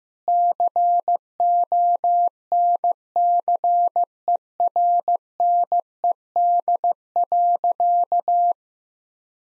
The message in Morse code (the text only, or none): CONCERNED.